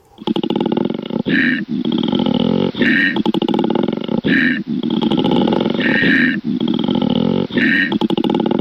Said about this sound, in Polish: No kto to taki? Dzik? Niedźwiedź? No, jeszcze jakiś pomysł? No to powiem tak, to jest miś, który nie jest misiem. Koala. No tak, koala.